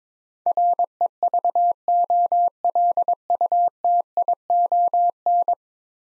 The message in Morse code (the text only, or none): REVOLUTION